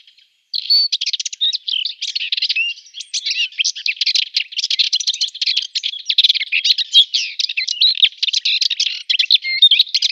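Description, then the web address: Subalpine warbler singing a long, rapid scratchy warble of buzzy chirps and short whistled notes, starting after a brief pause and running almost without a break. "Schulze Peter Subalpine Warbler song"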